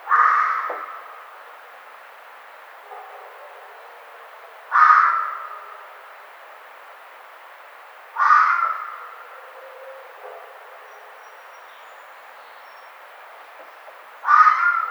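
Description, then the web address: Red fox uttering four hoarse, screechy calls spaced roughly three to six seconds apart, with faint softer sounds in the gaps. Recorded 1 May 2009. "Red Fox 2009 05 01"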